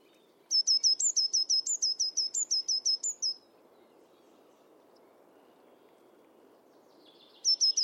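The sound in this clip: Bird calls, a fast run of many high, sharp repeated notes lasting about three seconds, then a quiet gap with soft background noise before the series begins again.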